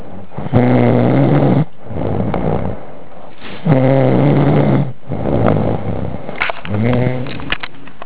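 Three loud, low, rattling snores, each lasting about a second, come at a slow pace of roughly 20 breaths a minute. Quieter breathing sounds fill the gaps between them. The pattern is ordinary snoring in an adult during sleep.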